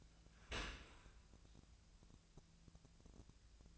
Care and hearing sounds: daily activity, microphone in the room; open dishwasher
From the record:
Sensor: 2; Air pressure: 1000.4 hPa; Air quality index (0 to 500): 166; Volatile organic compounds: 3 ppm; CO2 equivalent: 1375 ppm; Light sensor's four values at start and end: 11/30/11/13 and 11/30/11/13

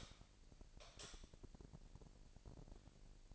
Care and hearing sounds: daily activity, microphone in the room; light on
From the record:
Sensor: 5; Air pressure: 1002.0 hPa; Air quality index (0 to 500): 235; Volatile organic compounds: 36 ppm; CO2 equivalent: 3072 ppm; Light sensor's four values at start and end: 16/37/15/17 and 16/38/16/17

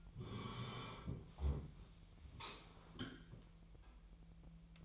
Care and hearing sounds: daily activity, microphone in the room; sit down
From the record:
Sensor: 1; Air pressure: 1001.9 hPa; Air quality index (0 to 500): 246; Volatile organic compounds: 114 ppm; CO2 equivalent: 3844 ppm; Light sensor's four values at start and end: 11/26/11/12 and 11/27/11/13

